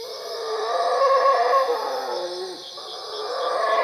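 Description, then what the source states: Howler monkey howling, a harsh sustained roar that drops into a falling moan, then rises again, with a steady high hum behind. Recorded at Cuevas.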